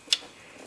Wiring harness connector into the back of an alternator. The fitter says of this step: And we're going to plug in our electrical connector in the back until it snaps in place.